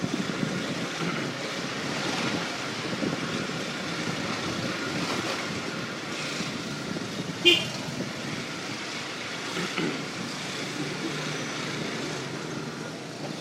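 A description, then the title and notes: A steady rush of vehicle and road noise while zooming through back alleys in Da Nang, with a constant low rumble and airy hiss. Near the middle comes one brief sharp click or knock, and a smaller bump follows a couple of seconds later. The first bit is me and Nu zooming through a bunch of back alleys in Da Nang.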